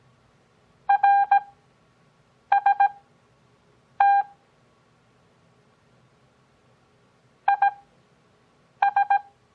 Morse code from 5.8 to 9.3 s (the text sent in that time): IS